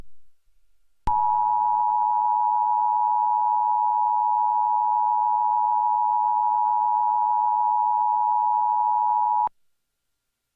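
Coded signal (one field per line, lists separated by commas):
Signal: Emergency Alert System (SAME) tones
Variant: 853 and 960 Hz attention tone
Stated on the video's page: Genuine EAS tornado warning activation, recorded from a real broadcast.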